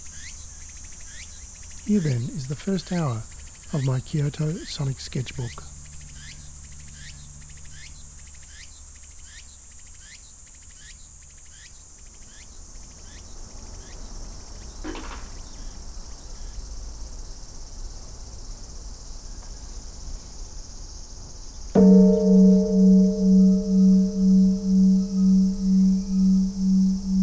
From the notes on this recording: field recordings I made in Kyoto Japan